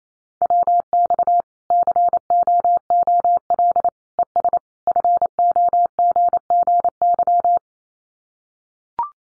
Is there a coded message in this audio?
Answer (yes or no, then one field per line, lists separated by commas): yes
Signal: Morse code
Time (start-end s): 0.4-7.6 s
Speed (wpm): 28 wpm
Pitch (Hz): 700 Hz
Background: none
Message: WX COOL ES FOGGY